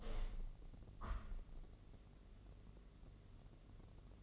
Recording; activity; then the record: daily activity, microphone in the room; open window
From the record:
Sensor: 4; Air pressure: 1013.2 hPa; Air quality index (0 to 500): 171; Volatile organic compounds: 2 ppm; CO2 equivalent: 1078 ppm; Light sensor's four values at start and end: 37/90/36/36 and 37/91/36/37